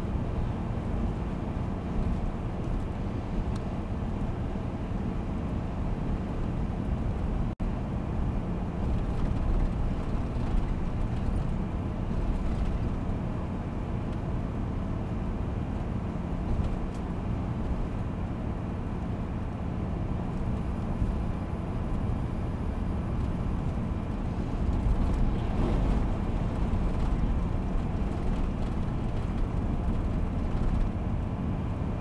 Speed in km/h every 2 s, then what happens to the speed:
89, 88, 90, 88, 88, 89, 88, 89, 88, 87, 87, 87, 87, 87, 87, 88.
0-32 steady at about 88.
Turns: none.